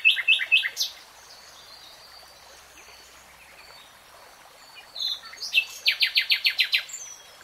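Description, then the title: Nightingale singing a short burst of loud notes, a quiet pause, then a rhythmic run of several strong repeated notes. Singing, in a 3-hour real-time recording. "[Tiếng chim hót] Nightingale Singing"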